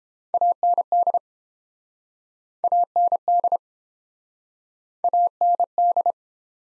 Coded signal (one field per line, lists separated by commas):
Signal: Morse code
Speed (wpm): 30 wpm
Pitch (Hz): 700 Hz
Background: none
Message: AND AND AND